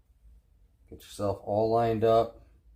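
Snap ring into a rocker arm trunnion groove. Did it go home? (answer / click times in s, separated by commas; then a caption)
no / none. A snap ring is being lined up to push into the groove of an LS rocker arm trunnion upgrade, fitted without a press. Someone talks over quiet handling noise. The ring has not snapped into the groove yet, so nothing has seated or clicked.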